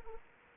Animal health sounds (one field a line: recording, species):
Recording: mosquito wingbeat signal from an infrared sensor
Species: Anopheles arabiensis